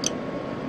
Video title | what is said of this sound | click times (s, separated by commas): MG996r Servo Continuous Rotation Mod - Replacing Pot w/ Resistors - Building Humanoid Robots #61 | pinch it on there until it snaps shut and | 0.1 s